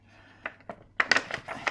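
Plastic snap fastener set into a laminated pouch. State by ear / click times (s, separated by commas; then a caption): seated / 1.0 s. A plastic snap closure is squeezed onto a laminated pouch flap with a snap press tool, and a few faint ticks are followed by a sharp crunch at 1.0 s as it presses together. A quick cluster of cracks follows around 1.1–1.2 s, then lighter clicks toward the end. The plastic snap fastener is seated and pressed closed in the laminated pouch.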